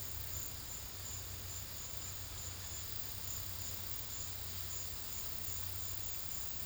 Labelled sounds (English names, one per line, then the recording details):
none
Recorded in pastures near Puerto Asís, Putumayo, Colombia, on 8 March 2025 at 15:00
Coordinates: 0.472, -76.329
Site G074